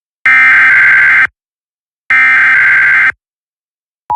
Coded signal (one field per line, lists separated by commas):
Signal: Emergency Alert System (SAME) tones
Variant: header bursts